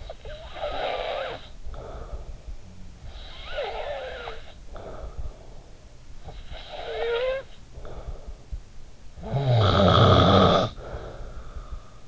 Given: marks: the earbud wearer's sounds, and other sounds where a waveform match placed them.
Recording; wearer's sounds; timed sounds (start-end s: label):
sounds in sleep by an in-ear microphone; snoring breath
0.00-2.65 s: snoring breath
2.94-5.79 s: snoring breath
6.08-8.62 s: snoring breath
8.88-12.08 s: snoring breath